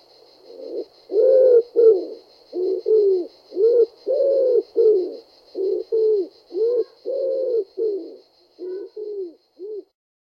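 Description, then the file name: Common wood pigeon cooing, a series of low, hollow, rounded coos in short rhythmic groups with brief pauses, over a faint steady high pulsing tone. "Ringdue"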